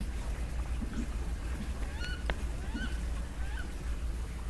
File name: Mandarinka - Mandarin Duck Aix galericulata